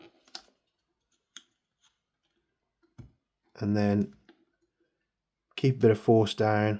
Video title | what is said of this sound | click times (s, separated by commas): VFC L403A1 (KS-1) Barrel & Hop Upgrade..... Kinda | We lock it into the barrel | 0.4 s, 1.4 s